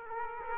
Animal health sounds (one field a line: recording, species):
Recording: mosquito wingbeat signal from an infrared sensor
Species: Aedes aegypti